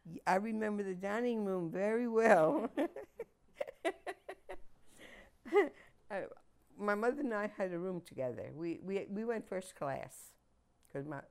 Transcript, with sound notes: I remeber the dining room very well. (laughs) My mother and I had a room together. We went first class cause